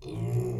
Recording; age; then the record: pig call; weaner (32 to 43 days)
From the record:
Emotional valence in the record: negative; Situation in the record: negative conditioning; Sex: female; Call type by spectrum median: low-frequency call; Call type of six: low-frequency stable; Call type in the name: low-frequency stable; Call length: 0.59 s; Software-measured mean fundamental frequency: 59 Hz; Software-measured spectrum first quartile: 120 Hz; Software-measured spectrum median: 200 Hz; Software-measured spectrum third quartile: 457 Hz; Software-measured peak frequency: 122 Hz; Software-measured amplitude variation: 103 dB a second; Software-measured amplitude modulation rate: 27.0 a second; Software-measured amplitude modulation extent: 3.8 dB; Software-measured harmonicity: 3.5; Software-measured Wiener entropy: -0.51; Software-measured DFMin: 1083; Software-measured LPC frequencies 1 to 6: 310, 2536, 3529, 4196, 5174, 6614 Hz